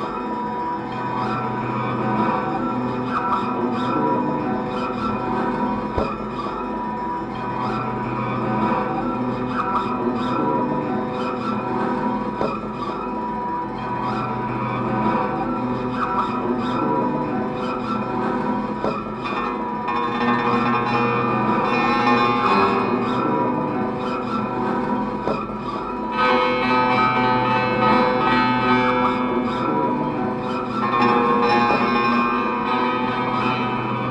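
Everyday objects and found materials are played as improvised instruments, forming a dense, continuous layer of clattering, rubbing and ringing tones. A low pulsing hum recurs every few seconds throughout, and the texture grows louder and brighter from about twenty seconds on.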